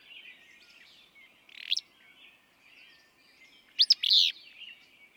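Willow flycatcher: a brief buzzy note, then a crisp two-note snap ending in a burry rasp, amid soft bird chatter.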